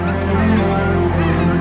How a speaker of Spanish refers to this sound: Una bandada de aves cruza la capital del imperio.